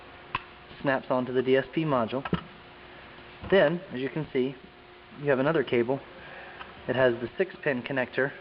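A coaxial cable connector is pressed onto the DSP module of a BAVSOUND Soundplicity DSP adapter during a speaker installation in a BMW E39 5 Series or E53 X5. A sharp, loud click at 0.4 s shows the connector snapping into place and seating, while someone talks throughout the clip.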